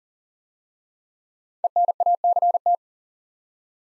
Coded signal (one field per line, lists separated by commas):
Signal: Morse code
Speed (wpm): 39 wpm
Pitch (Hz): 700 Hz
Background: none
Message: ENACT